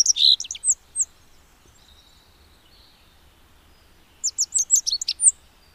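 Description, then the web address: Rock bunting song in two short bursts of high, sharp twittering notes, the first at the very start and the second after a few seconds of quiet. "agykontroll Madardalok Cd 2. Bajszos sármány"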